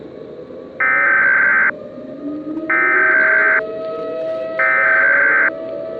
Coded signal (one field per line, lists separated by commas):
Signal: Emergency Alert System (SAME) tones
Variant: header bursts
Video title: EAS Scenario - Ashes to Ashes